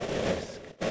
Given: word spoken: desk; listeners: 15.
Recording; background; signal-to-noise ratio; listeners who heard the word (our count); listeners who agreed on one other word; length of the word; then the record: one English word in noise, from a listening test; noise modulated by three-talker babble; -6.4 dB; 0 of 15; 9 of 15; 0.51 s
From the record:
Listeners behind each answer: 9, 2, 2, 1, 1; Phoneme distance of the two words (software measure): 20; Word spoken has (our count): 1 syllable, 4 phonemes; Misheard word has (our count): 1 syllable, 4 phonemes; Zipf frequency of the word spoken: 4.34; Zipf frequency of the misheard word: 4.98